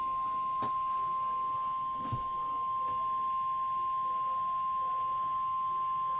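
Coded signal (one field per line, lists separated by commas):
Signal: Emergency Alert System (SAME) tones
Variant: 1050 Hz attention tone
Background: speech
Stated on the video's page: Tornado warning; the weather radio did not trigger because the area's SAME code was not programmed into it.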